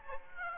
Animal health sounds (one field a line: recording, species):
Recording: mosquito wingbeat signal from an infrared sensor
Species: Aedes aegypti